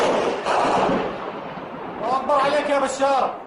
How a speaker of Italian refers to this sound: È questo l'unico genere di documentazione audio-video che arriva dalla Siria in questi giorni. Video amatoriali di cori e spari.